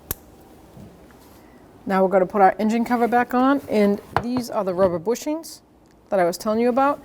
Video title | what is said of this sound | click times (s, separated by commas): How to Replace Camshaft Position Sensors 2014-2019 Toyota Corolla 1.8L | Now we can take our connector, line it up, push it down till it clicks. | 0.1 s